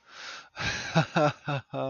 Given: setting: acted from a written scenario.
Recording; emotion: vocal sound without words; elation